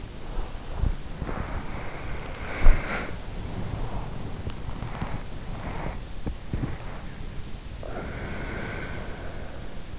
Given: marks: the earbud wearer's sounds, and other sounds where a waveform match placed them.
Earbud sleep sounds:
sounds in sleep by an in-ear microphone; body movement, breath
0.00-7.59 s: body movement
2.45-3.18 s: breath
7.52-9.99 s: breath

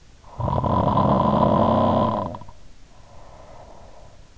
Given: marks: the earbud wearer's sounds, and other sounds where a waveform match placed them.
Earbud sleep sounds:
sounds in sleep by an in-ear microphone; snoring breath
0.20-4.13 s: snoring breath

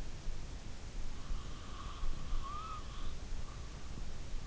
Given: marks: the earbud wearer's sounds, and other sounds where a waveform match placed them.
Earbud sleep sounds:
sounds in sleep by an in-ear microphone; breath
1.22-3.61 s: breath

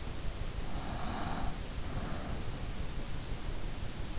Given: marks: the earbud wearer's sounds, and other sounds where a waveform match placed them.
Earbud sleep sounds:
sounds in sleep by an in-ear microphone; breath
0.57-3.13 s: breath

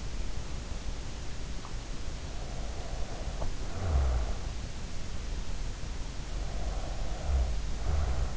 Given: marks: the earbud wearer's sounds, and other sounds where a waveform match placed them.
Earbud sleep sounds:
sounds in sleep by an in-ear microphone; snoring breath
2.20-4.71 s: snoring breath
6.14-8.37 s: snoring breath

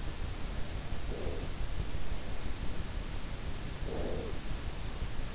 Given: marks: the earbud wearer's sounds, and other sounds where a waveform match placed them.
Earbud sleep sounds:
sounds in sleep by an in-ear microphone; breath
0.76-1.94 s: breath
3.46-4.83 s: breath

